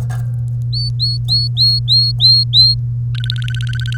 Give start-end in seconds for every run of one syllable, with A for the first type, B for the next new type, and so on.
0.73-2.75 A, 3.15-3.97 B